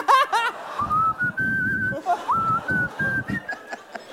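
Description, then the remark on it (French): A slow, clear whistled tune, the opening melody of a rock ballad, of long sustained notes that step and glide between pitches, with a brief burst of laughter at the start and low muffled sounds beneath. “a entendu un bruit de sifflement. Le début de ….”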